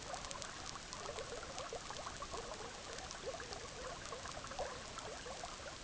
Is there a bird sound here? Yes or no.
no